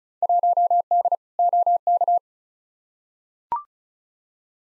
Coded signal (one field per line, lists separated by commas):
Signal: Morse code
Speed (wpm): 36 wpm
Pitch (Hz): 700 Hz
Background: none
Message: 1D OK